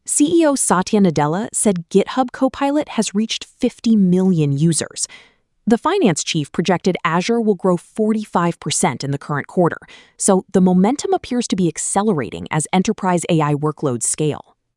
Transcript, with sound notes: CEO Satya Nadella said GitHub Copilot has reached 50 million users. [with emphasis] The finance chief projected Azure will grow 45 percent in the current quarter, so the momentum appears to be accelerating as enterprise AI workloads scale.